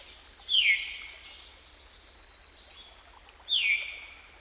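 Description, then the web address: Veery giving two short, slurred notes that drop steeply in pitch, about three seconds apart, over a faint steady background hiss. "Dan Gibson Songbirds By The Stream. Veery"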